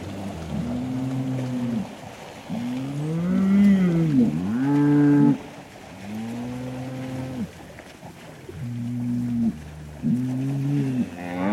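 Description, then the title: Cow mooing, a series of deep harmonic moos, some short and some drawn out with a rising then falling pitch. Cow communication through mooing. "Eco-Moo-tion: The Ecological Soundscape of Cow Conversations"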